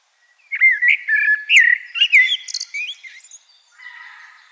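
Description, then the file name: Common blackbird delivering one long warbled phrase of fluted whistles and high squeaks, followed by a soft, faint hiss. "Turdus merula"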